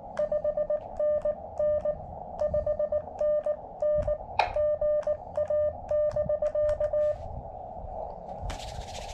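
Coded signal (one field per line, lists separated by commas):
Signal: Morse code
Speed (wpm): 18 wpm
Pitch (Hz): 600 Hz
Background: none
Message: 5NN 5NN GA<BK>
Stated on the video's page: POTA activation on 15m with a KX2 and a DIY shortened base-loaded vertical antenna.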